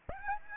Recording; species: mosquito wingbeat signal from an infrared sensor; Aedes aegypti